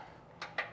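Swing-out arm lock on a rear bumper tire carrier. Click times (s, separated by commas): 0.4 s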